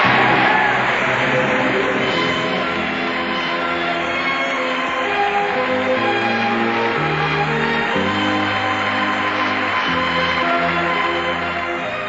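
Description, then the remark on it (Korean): Steady, dense standing ovation from a large crowd as Steven Spielberg wins the Oscar for Schindler's List; the applause keeps going at an even volume for the whole stretch while orchestral music swells underneath it. No one speaks. “사람들의 기립박수 소리.”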